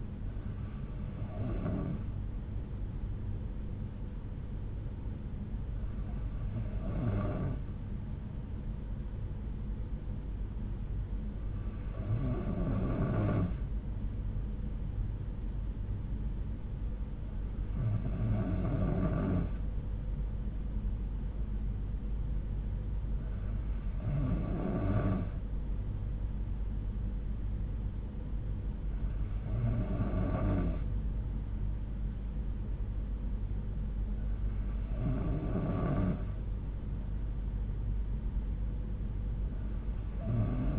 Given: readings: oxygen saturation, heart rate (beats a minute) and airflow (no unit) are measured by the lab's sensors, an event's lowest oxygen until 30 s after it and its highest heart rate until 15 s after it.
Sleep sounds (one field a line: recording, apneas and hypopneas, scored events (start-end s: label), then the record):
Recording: breathing in sleep by a smartphone at the bedside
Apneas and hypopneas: none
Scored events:
none scored
From the record:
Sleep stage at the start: N3 (deep sleep)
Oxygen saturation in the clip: 92%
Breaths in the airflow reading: 7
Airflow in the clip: -5.9 to 3.6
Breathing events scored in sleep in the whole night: 368 in 8.0 hours asleep